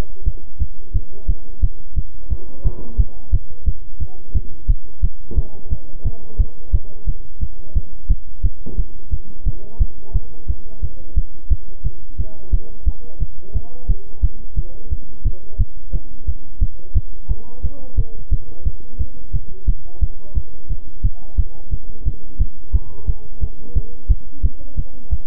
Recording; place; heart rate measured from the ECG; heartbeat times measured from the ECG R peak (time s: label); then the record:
heart sounds by stethoscope; between the tricuspid and mitral areas; 176 bpm
0.25 s: heartbeat
0.59 s: heartbeat
0.93 s: heartbeat
1.27 s: heartbeat
1.61 s: heartbeat
1.95 s: heartbeat
2.29 s: heartbeat
2.63 s: heartbeat
2.97 s: heartbeat
3.31 s: heartbeat
3.65 s: heartbeat
3.99 s: heartbeat
4.33 s: heartbeat
4.67 s: heartbeat
5.01 s: heartbeat
5.35 s: heartbeat
5.69 s: heartbeat
6.03 s: heartbeat
6.38 s: heartbeat
6.72 s: heartbeat
7.05 s: heartbeat
7.40 s: heartbeat
7.74 s: heartbeat
8.08 s: heartbeat
8.42 s: heartbeat
8.76 s: heartbeat
9.10 s: heartbeat
9.45 s: heartbeat
9.79 s: heartbeat
10.13 s: heartbeat
10.47 s: heartbeat
10.81 s: heartbeat
11.15 s: heartbeat
11.49 s: heartbeat
11.83 s: heartbeat
12.17 s: heartbeat
12.51 s: heartbeat
12.85 s: heartbeat
13.19 s: heartbeat
13.53 s: heartbeat
13.87 s: heartbeat
14.21 s: heartbeat
14.55 s: heartbeat
14.89 s: heartbeat
15.24 s: heartbeat
15.58 s: heartbeat
15.92 s: heartbeat
16.26 s: heartbeat
16.60 s: heartbeat
16.94 s: heartbeat
17.28 s: heartbeat
17.62 s: heartbeat
17.96 s: heartbeat
18.30 s: heartbeat
18.64 s: heartbeat
18.98 s: heartbeat
19.32 s: heartbeat
19.66 s: heartbeat
20.00 s: heartbeat
20.34 s: heartbeat
20.68 s: heartbeat
21.02 s: heartbeat
21.36 s: heartbeat
21.70 s: heartbeat
22.04 s: heartbeat
22.38 s: heartbeat
22.72 s: heartbeat
23.06 s: heartbeat
23.40 s: heartbeat
23.74 s: heartbeat
24.08 s: heartbeat
24.42 s: heartbeat
24.76 s: heartbeat
25.10 s: heartbeat
From the record:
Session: bicycle stress test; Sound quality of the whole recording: good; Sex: male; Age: 26 years